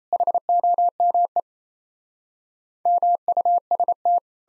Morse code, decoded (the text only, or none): HOME MUST